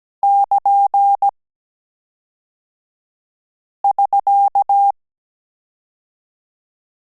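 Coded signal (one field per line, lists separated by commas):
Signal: Morse code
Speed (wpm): 17 wpm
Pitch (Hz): 800 Hz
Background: none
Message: <KN><SK>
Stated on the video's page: Morse code course final lesson on AR and AS characters, with mixed-character transmissions.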